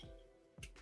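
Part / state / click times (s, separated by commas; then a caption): plastic engine compartment panel on a toy vehicle / seated / 0.6 s. A molded gray plastic engine compartment panel on a toy vehicle is pushed back into place. After a quiet stretch with a faint background hum, a short, bright click is heard at 0.6 s, followed by a softer rustle. The panel seats back in.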